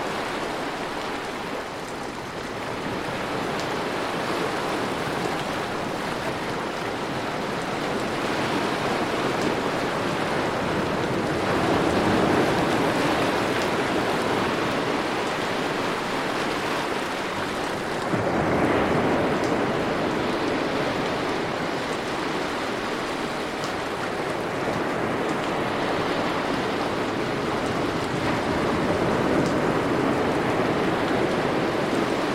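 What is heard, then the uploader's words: Ocean waves wash steadily against the shore in a dense, continuous hiss, with slow swells rising around 11 seconds and again near 18 seconds. A fine patter like rain blends into the surf throughout, keeping the sound full and unbroken. Gentle Ocean Waves & Relaxing Rain Sounds On A Mesmerizing Beach. The waves crashing against the shore.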